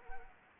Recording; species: mosquito wingbeat signal from an infrared sensor; Anopheles arabiensis